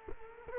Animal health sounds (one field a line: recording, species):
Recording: mosquito wingbeat signal from an infrared sensor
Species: Culex quinquefasciatus